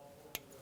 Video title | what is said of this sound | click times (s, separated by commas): How to Replace Front Wheel Speed Sensors 2015-2025 Ford Transit 250 | Align the locking tab portion. Press it in. We'll listen for a click. | 0.3 s